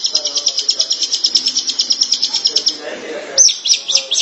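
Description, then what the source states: Shrike song of quick, evenly spaced high notes, a short gap with soft lower sounds, then a few sharper downslurred notes. Dated March 2017.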